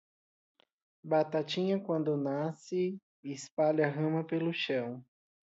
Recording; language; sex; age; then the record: short text; Brazilian Portuguese; male; 20 to 29 years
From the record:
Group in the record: control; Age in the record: 27 years